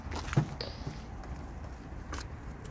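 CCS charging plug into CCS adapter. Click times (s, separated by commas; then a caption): 0.3 s, 0.6 s. A CCS charging plug is pushed into an aftermarket CCS adapter, making sharp plastic contact knocks at about 0.3 s and 0.6 s over a low background rumble. The plug stops partway and is not yet latched, needing harder pushing before it will seat.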